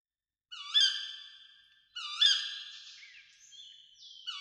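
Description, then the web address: Tawny owl calls, two sharp harmonic shrieks about a second and a half apart, each tailing off slowly with a ringing decay, and a fainter third call at the end. Breeding bird. "broedvogels bosuil"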